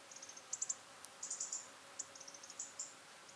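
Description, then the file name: European robin calls: rapid, high, clicking ticks, some in quick runs of three or four, scattered throughout with one brief sharp click in between. "Erithacus rubecula"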